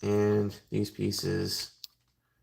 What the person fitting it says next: uh-oh. I don't like the fact that that just popped off.